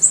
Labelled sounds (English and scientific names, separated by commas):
Golden-winged Warbler (Vermivora chrysoptera) flight call